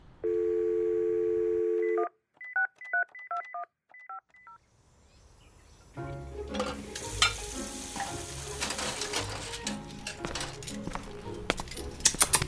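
A steady dial tone gives way to a quick run of about eight two-toned keypad beeps as a phone number is dialed to invite friends over to eat, then a loud, crackling sizzle of food frying takes over.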